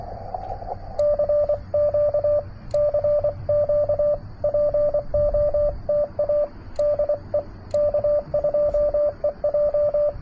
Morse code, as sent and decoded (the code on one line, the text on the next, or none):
-.-. --.- / -.-. --.- / .--. --- - .- / -.. . / -.- ..--- . .---
CQ CQ POTA DE K2EJ